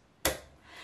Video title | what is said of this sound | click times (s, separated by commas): Addressing envelopes perfectly with your Cricut | You'll hear an audible click and you'll feel that it's pretty well seeded in there. | 0.2 s